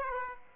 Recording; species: mosquito wingbeat signal from an infrared sensor; Aedes aegypti